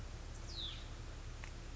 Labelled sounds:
Hutton's Vireo (Vireo huttoni)
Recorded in Sonoma County, California

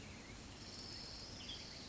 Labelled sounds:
Western Tanager (Piranga ludoviciana)
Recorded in Sonoma County, California

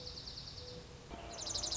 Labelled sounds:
Dark-eyed Junco (Junco hyemalis)
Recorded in Sonoma County, California

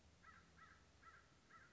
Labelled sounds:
American Crow (Corvus brachyrhynchos)
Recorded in Sonoma County, California

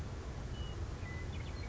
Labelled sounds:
Western Meadowlark (Sturnella neglecta)
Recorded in Sonoma County, California

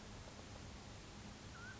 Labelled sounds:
Mountain Quail (Oreortyx pictus)
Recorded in Sonoma County, California

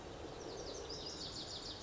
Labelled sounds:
Lazuli Bunting (Passerina amoena)
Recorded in Sonoma County, California

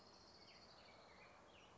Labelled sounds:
Orange-crowned Warbler (Leiothlypis celata)
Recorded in Sonoma County, California

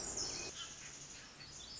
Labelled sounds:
Pacific Wren (Troglodytes pacificus)
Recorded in Sonoma County, California

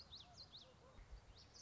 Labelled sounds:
Common Yellowthroat (Geothlypis trichas)
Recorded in Sonoma County, California

